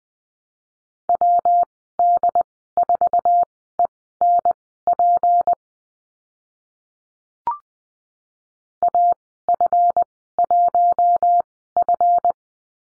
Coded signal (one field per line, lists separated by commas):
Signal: Morse code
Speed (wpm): 19 wpm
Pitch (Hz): 700 Hz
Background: none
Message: WD4ENP AF1F